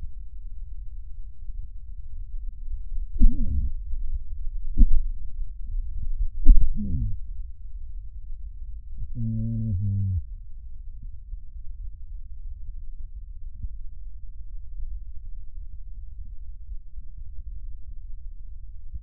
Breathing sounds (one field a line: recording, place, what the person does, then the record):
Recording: lung sounds by stethoscope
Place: right posterior basal chest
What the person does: quiet breathing, then cough and speech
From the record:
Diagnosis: COPD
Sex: male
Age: 69 years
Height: 162 cm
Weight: 124.8 kg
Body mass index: 47.6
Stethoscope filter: bell mode